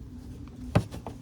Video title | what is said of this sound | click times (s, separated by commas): Replace Mini Cooper Fog Parking Light with LEDs | and then we're gonna twist to the right and it locks into place | 0.8 s